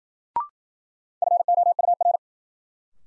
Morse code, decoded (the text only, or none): FOUR